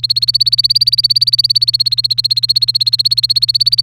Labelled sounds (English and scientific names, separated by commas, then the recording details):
Domestic Canary (Serinus canaria) song
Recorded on 1 May 2018 at 14:36
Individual llb3